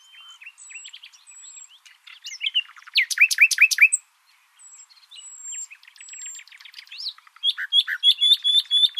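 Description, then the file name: Common nightingale song with varied chirps and thin high whistles, a burst of loud descending notes, then more twittering and a quick run of repeated sharp notes. "Luscinia megarhynchos"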